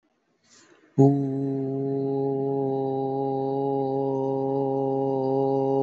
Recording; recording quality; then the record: sustained vowel as in boot; excellent, no background noise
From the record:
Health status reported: healthy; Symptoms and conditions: none ticked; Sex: male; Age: 24 years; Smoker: not ticked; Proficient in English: yes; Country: India